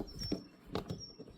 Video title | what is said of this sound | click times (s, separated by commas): Ford Mustang Mach E Dash Cam Installation | make sure you hear the the tabs lock there | 0.8 s